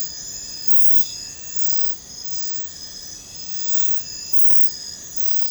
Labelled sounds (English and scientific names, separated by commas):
none